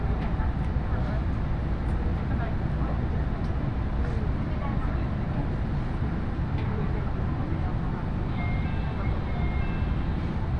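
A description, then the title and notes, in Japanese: A train ride on the Iida Line from Tatsuno to Inashi, filled with a dense, steady low rumble and clatter that holds an even level throughout. Murmuring voices seem to blend into the din, and faint high squeals surface near the end. 鉄道旅 飯田線 辰野→伊那市。やってきたのは313系の2両編成。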